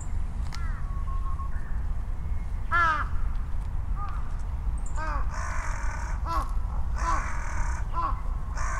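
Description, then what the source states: Crows cawing in several harsh arched calls over a constant low traffic rumble. Crows calling and responding to each other over vehicle rumble; Sunday noon, Ichimiyake, Yasu City, Shiga Prefecture, Japan; Sony PCM-M10 with omnidirectional mics on bicycle handlebar bag.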